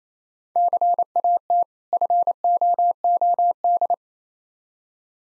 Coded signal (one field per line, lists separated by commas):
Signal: Morse code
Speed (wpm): 27 wpm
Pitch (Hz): 700 Hz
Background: none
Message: CAT FOOD